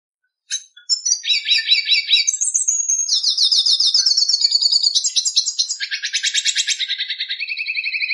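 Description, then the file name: Red siskin delivering a long, unbroken song of buzzy rattling trills, each phrase changing pitch, ending in a lower, pulsing repeated trill. "Canto do pintassilgo da venezuela"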